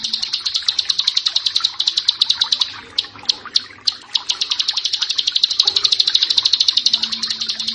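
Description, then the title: Bar-winged prinia song: a rapid, buzzy high trill that breaks into a few separate sharp notes around the middle, then resumes as a fast chatter. "Ciblek Sawah"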